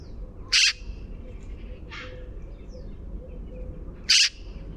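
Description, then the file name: Eurasian magpie producing two loud harsh rasps about three and a half seconds apart, a fainter softer note between them, over low-frequency background noise. "Pica pica"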